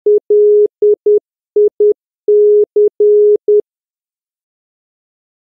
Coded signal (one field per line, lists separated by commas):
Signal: Morse code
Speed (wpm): 10 wpm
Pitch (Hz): 420 Hz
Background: none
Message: LIC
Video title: morse code I remember finding on my radio when I was little